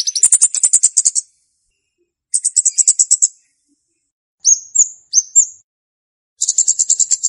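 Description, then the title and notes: Flowerpecker chirps, thin and very high, delivered as fast ticking runs lasting about a second, with a few paired rising slurred notes between the runs. Flowerpecker calls used as a lure for wild birds (pikat). "Kicau Untuk Pancing Burung Kemade ( Cabe Cabean). Suara Burung Cabe Cabean Pikat"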